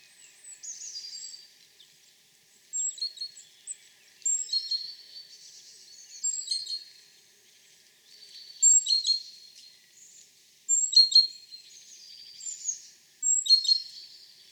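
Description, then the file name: Great tit calling, with irregular bursts of bright, clicking chirps and short high notes, repeated several times with brief pauses. "Parus major"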